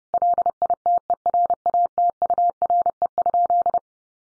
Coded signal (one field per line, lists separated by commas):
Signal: Morse code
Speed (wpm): 30 wpm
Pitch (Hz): 700 Hz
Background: none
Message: LITERATURE?